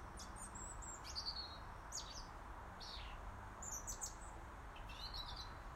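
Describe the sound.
Robin calling with sharp, high chirps, some falling in pitch, repeated several times, over constant low background noise.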